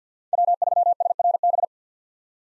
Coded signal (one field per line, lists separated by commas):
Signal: Morse code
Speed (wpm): 50 wpm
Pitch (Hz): 700 Hz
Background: none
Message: W3SRB